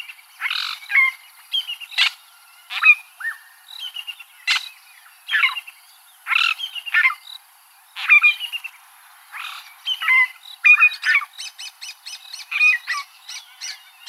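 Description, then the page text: Fork-tailed drongo calling: a long run of rasping, chattering notes and sharp whistles, ending in a quick stuttering series of clicks. "Sonnerie Fork Tailed Drongo sur MELOBOOM"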